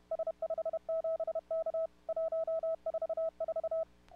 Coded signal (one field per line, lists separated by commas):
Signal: Morse code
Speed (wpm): 35 wpm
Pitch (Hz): 660 Hz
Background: none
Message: S57K 144